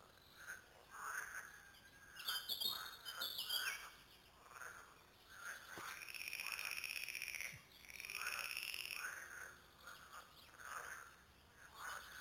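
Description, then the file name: Frogs calling in a busy chorus of rasping croaks and longer rattling trills, with a bird's quick high whistles early on. Several frogs recorded at Lüssow. "luessow froesche"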